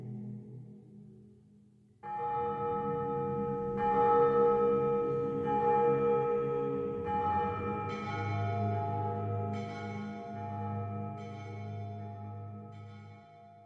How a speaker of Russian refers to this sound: Звучит молитвенное песнопение с колокольным перезвоном.